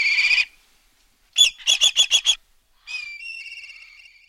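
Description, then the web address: Black kite calling: a short tremulous note, then a quick run of several clipped pulses, followed by a long wavering whistle that trails off. "raptors species songs milvus migrans"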